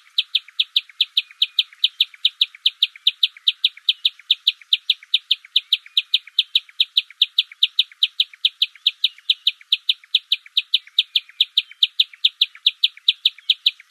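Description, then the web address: Bamboo warbler calling in a fast, steady series of sharp, clipped notes, continuing without a break; no other sounds stand out. African bird recorded in the Mahale Mountains in November 2005. "African birds warbler bamboo warbler bamboo Mahale Mtns DMoyer 2005-11"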